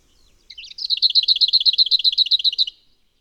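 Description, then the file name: Lesser whitethroat song opening with a few soft twittering notes, then a loud monotone rattle of rapidly repeated notes lasting about two seconds. "Piegza"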